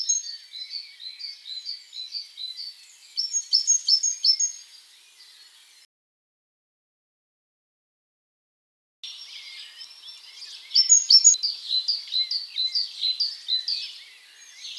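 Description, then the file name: Great tit calls: rapid strings of high chipping notes in two bouts separated by a silent gap. "Parus major"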